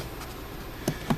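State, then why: Released. The plastic hard drive access cover on the underside of a Gateway NE56R41u laptop is pried off with a small blade against a steady low background hiss. Two short, sharp clicks at 0.9 s and 1.1 s are the snap-in clips letting go, and the cover comes released from the laptop base.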